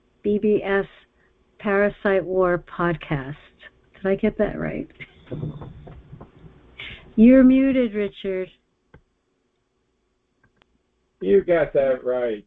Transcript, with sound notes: BBS Parasite War Podcast. Did I get that right? (laughs) You're muted, Richard.
You got that right.